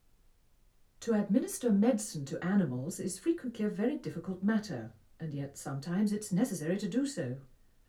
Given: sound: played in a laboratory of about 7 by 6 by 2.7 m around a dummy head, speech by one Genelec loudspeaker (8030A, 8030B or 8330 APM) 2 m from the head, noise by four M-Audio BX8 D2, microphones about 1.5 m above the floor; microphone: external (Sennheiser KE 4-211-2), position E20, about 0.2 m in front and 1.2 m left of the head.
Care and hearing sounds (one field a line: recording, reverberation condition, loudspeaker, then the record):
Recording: female speech in English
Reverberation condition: low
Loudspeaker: 150 degrees to the right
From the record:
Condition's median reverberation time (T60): about 310 ms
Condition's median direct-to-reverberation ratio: about 3.5 dB